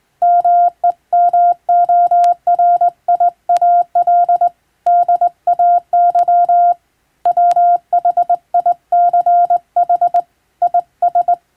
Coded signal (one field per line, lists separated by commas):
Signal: Morse code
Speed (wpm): 22 wpm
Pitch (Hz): 700 Hz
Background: none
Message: MEMORIAL DAY WHICH IS